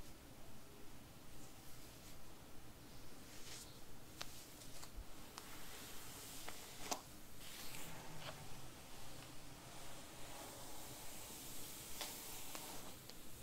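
Soft hair brushing and scratching strokes rustle steadily over a low hum, with brief sharp crackles every second or two throughout.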